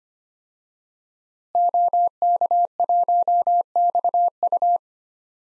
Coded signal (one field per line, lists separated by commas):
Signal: Morse code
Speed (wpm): 25 wpm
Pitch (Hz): 700 Hz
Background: none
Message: OK1XU